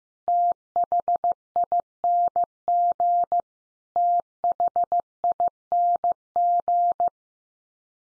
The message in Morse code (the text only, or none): THING THING